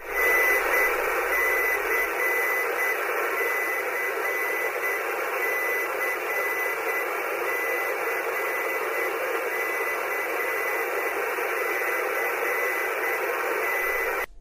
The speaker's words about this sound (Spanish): Lógicamente eso es código Morse, ¿no? Uh-huh. Está diciendo la letra C.